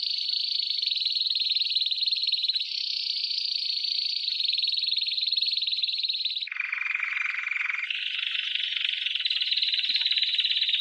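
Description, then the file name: Canary song with a steady high rolling trill lasting about six seconds, a sudden drop to a lower roll, then a return to a high sustained trill. "Canary Voice"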